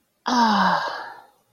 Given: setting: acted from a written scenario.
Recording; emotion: vocal sound without words; contentment